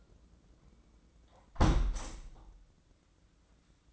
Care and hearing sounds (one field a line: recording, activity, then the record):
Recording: daily activity, microphone in the room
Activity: close window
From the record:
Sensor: 3